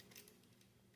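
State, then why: Not seated. A plastic part of a Transformers Studio Series 05 Voyager Class ROTF Optimus Prime action figure is handled as it is about to clip into the figure's body. Only quiet plastic handling and a couple of faint light ticks are heard over low background hum. Nothing has seated or clicked into place yet.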